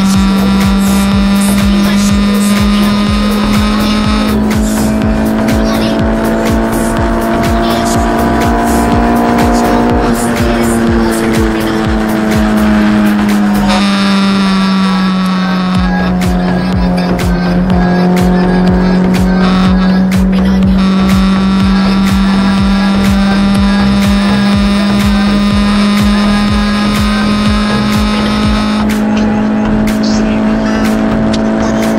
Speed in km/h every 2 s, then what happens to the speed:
160, 168, 182, 186, 192, 188, 168, 153, 143, 149, 156, 161, 166, 169, 176, 178.
0-9 speeds up to 192. 9-17 brakes to 143. 17-32 speeds up to 178.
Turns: none.